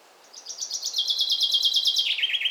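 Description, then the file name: Common chaffinch song: a rapid trill of repeated high notes that steps downward and ends in a brief descending flourish, clear against a quiet background. "Fringilla coelebs"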